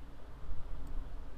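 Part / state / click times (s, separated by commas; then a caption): cap onto lancing device / not seated / none. A plastic cap is being put back onto the lancing device of a Dr Trust USA blood glucose meter after the lancet has been loaded. Only a faint, steady low rumble and soft handling noise are heard, with no sharp hits. The cap has not seated or clicked on yet.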